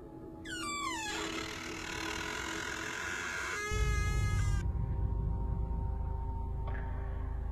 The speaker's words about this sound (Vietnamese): Tiếng kèn kẹt của cái bản lề gỗ đã mọt gần hết chân vang lên.